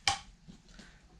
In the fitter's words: pops into place